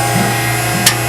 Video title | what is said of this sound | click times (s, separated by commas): F150 Install | you'll see that it snapped in on this side and then pull the clip Holloway towards the front | 0.9 s